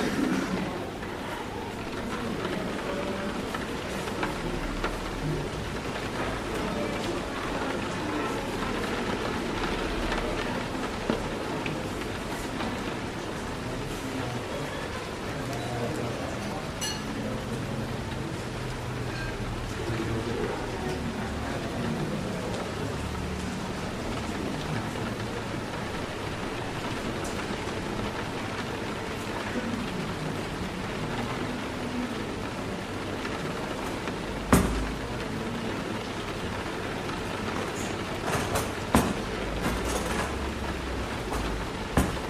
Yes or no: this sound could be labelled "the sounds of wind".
no